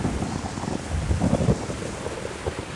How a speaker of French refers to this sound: Un orage gronde soudain comme une menace au-dessus de leur tête. Le vent se met à siffler dans les arbres.